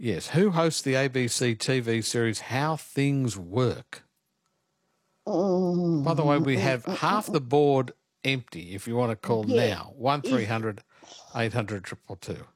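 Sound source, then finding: Adult man. Normal speech.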